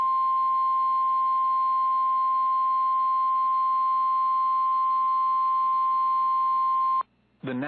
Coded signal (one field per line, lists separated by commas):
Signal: Emergency Alert System (SAME) tones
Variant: 853 and 960 Hz attention tone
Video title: WHRO PBS - Severe Thunderstorm Warning - EAS 3/5/25 3:27pm